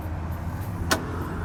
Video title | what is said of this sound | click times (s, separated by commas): Tested Test Drives the Tesla Model S Electric Car | locks in place and starts pulsing green | 0.9 s